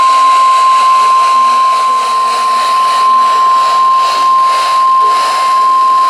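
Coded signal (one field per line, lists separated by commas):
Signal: Emergency Alert System (SAME) tones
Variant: 1050 Hz attention tone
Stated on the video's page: Severe weather alerts received on NOAA Weather Radio.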